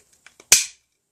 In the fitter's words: with a lot of force, loud audible click, you know it's clicked in.